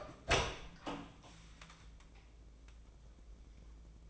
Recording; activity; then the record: daily activity, microphone in the room; open door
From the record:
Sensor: 1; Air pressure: 1012.4 hPa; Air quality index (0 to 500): 165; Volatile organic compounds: 3 ppm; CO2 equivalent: 1356 ppm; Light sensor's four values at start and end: 592/1387/613/739 and 590/1382/611/737